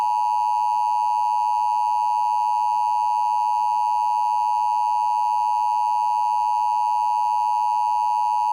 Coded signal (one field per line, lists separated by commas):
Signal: Emergency Alert System (SAME) tones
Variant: 853 and 960 Hz attention tone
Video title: eas scenario tsunami pt 1